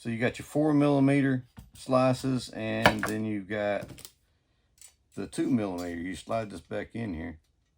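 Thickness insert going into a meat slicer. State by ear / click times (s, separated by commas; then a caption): not seated / none. Someone talks while sliding a 2 mm thickness insert back into a meat slicer, with quiet handling sounds between the speech. The insert has not seated or snapped into place yet when the clip ends.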